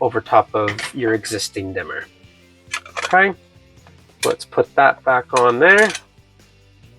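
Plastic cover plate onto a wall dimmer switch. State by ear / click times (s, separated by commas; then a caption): not seated / none. Someone talks while handling a glossy sky blue plastic front cover plate for a Trendi Switch 1 Gang 100W LED rotary dimmer (ART-LDMSK), getting ready to put it back over the wall dimmer. A few light taps of handling come between the speech. The plate has not yet seated or clicked into place.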